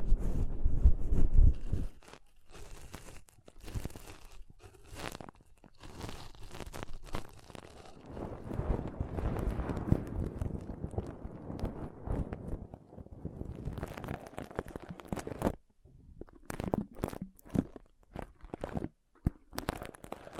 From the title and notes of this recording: ASMR Ultimate Pom Pom Tingles (No Talking).